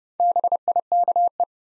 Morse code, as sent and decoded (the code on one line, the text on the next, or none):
-... .. -.- .
BIKE